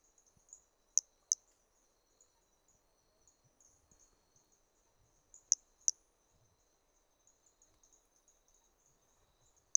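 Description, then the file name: Toadlet frog calls: two pairs of very high, sharp chirped notes, one pair early and one later, over a steady high insect-like hiss. Individual 3, recorded on the Trilha do Ipiranga in 2021 and held in the MHNCI collection; the first three notes of the call are missing. "MHNCI Brachy hermogenesi Trilha do Ipiranga ind 3 three starting notes lost"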